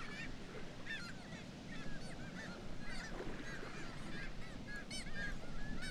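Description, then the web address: Black-legged kittiwakes, several birds giving nasal, arched calls that overlap and repeat, heard over steady low-pitched rushing noise. "sound Black-legged-kittiwake. صدای-پرنده-کاکایی-پاسیاه"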